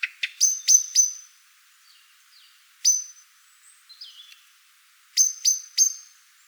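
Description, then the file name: Common blackbird calls: sharp, metallic chinks in quick bursts of one to five, with soft, faint twittering notes between the bursts. "Turdus merula"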